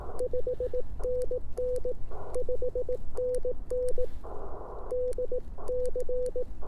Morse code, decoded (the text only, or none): 5NN 5NN DC